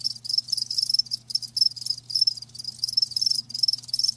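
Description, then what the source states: Shrill cricket chirps come in quick repeated pulses, short gaps breaking the chorus now and then, with a soft low hum beneath. Live crickets chirping, a lulling song.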